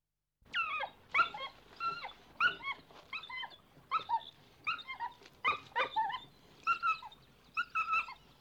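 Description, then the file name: Dog giving many short, high yelps and yips in quick succession, some bending up or down in pitch. "cani dog"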